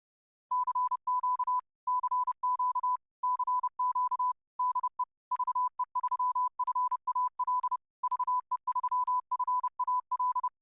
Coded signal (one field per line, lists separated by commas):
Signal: Morse code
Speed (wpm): 30 wpm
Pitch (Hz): 1000 Hz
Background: none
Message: CQ CQ CQ DE VE3FAL VE3FAL